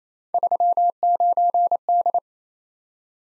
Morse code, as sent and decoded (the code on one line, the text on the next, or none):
...-- ----. -..
39D